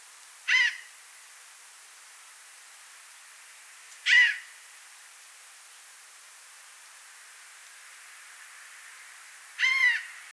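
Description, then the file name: Eurasian jay gives harsh, rasping screeches, three single calls spaced several seconds apart over a steady hiss of background noise. "Garrulus glandarius"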